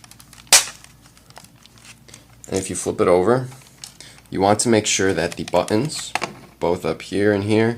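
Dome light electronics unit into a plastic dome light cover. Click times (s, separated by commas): 0.5 s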